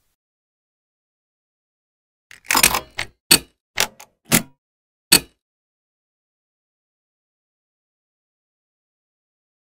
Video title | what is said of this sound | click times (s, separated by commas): How to replace the Air Filter on your Ford Explorer 2011 - 2017 | an audible click can be heard when each clamp is locked into place | 3.3 s, 5.1 s